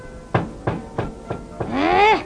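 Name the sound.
knocking on a door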